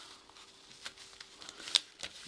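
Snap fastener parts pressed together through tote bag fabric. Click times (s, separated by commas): 1.8 s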